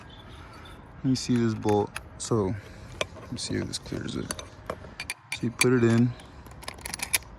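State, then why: Seated. A Yakima roof rack tower component for a Hyundai Veloster N is pushed into its tower housing while someone talks, with light knocks and taps as it goes in. A sharp little click at 7.2 s marks the part seating into place.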